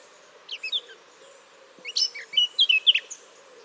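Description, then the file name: Eurasian blackcap song fragments: a short scratchy burst of notes, a pause, then a brighter run of clear whistled notes near the end over faint low hum. "Sylvia atricapilla"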